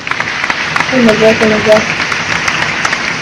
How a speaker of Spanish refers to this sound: Espérense, no le puse mi aplauso. Aguante, que no lo puedo. ¡Ay, aquí está!